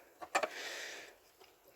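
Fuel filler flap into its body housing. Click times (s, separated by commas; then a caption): 0.4 s. A plastic fuel filler flap being swapped on a Golf 6 hatchback is pushed into its body housing, giving a sharp plastic click at 0.4 s, with a light tap just before and a second, softer click right after. A broad rustling hiss follows and fades by about 1.1 s. The flap is seated and properly engaged.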